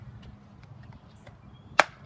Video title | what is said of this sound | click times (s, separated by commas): Dad Assembles & Demos BLACK+DECKER Battery-Powered Trimmer/Edger (LST300) | there we go you heard that and you saw that that means we're locked in place | 1.8 s